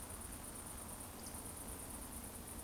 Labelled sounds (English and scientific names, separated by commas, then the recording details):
Eurasian Woodcock (Scolopax rusticola) whistle
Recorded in Baden-Württemberg, Germany, on 25 June 2020 at 20:28 UTC
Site 14569, 102 m above sea level